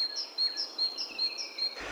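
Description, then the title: Tit song: a rapid series of high, thin paired whistles alternating between two pitches, about four pairs in under two seconds, ending in a brief noisy thump. "Ярмышко Л. - Аудиоэнциклопедия. Ñèíè÷êà-ãàè÷êà, ñèíè÷êà-ìîñêîâêà, áîëüøàÿ ñèíèöà"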